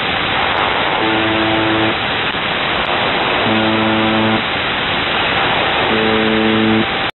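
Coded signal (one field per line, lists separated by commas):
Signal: numbers station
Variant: UVB-76 (The Buzzer)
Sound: three short, low, rasping buzzes about 2.5 seconds apart in steady hiss; no voice heard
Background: radio static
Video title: The Buzzer/UVB-76(4625Khz) May 29th, 2023 12:27UTC Voice message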